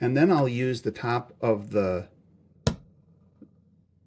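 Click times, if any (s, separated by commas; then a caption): 2.7 s. Someone talks, then a tight-fitting 3D-printed plastic coupler is pushed down against the tabletop onto a printed modular door-corner rail. A single sharp snap at 2.7 s marks it snapping home, followed by a faint tick at 3.4 s. The coupler is seated on the rail.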